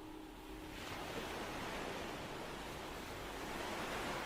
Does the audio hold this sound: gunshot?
no